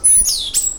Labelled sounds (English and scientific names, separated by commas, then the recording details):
Stitchbird (Notiomystis cincta) song
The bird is a male
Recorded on Tiritiri Matangi Island, New Zealand, in 2005
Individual 1, of nest box 1